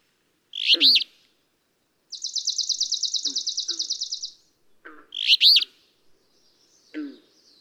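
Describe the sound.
Alder flycatcher giving its short, burry song twice, with a long, high, dry trill from another bird between them and a few softer notes.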